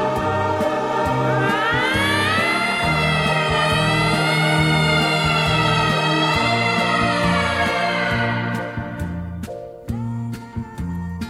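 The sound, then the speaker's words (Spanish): A distant siren wails, its tone rising and then holding a long, wavering pitch over a steady low rumble before fading away after several seconds. “Recuerdo que nuestras palabras fueron rotas por una sirena que corría lejana, quién sabe dónde.”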